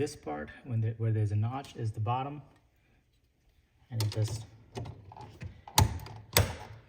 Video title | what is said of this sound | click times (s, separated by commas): Installing Wall Outlets with USB Ports - Amerisense 3-Port USB Wall Outlet - Installation and Review | and it just clicks into place | 5.8 s, 6.4 s